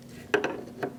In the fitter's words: Get it installed around. You'll hear it click in.